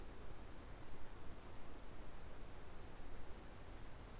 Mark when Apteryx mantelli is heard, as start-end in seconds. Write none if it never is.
none